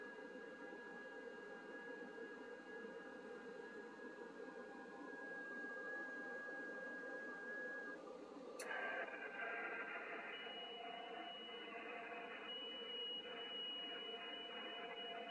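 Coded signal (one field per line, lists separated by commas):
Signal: FT8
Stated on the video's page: FT8 DX contact on 10 MHz with a Central African Republic station, using an IC-7600.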